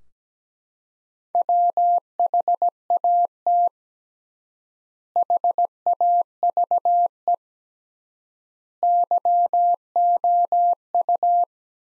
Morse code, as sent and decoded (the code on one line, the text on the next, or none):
.-- .... .- - / .... .- ...- . / -.-- --- ..-
WHAT HAVE YOU